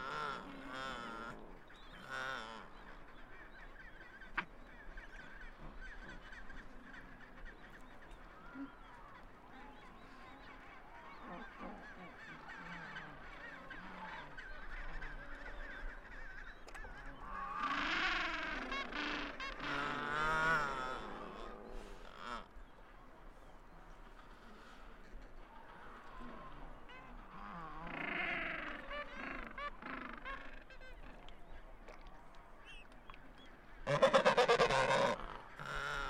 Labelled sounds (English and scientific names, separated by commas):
Adelie Penguin (Pygoscelis adeliae) call